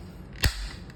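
The two plastic halves of an air conditioner remote's casing are pressed back together after repair. One casing clip snaps shut with a single sharp click at 0.4 s, and the clip is seated.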